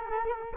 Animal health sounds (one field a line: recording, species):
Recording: mosquito wingbeat signal from an infrared sensor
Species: Culex quinquefasciatus